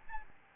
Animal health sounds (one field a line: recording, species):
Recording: mosquito wingbeat signal from an infrared sensor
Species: Aedes albopictus